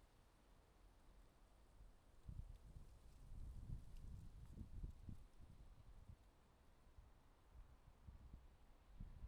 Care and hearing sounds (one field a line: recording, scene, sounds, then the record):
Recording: everyday scene through a hearing-aid microphone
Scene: wind on the microphone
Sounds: wind, traffic, birds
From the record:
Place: suburban garden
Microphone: in the ear canal, left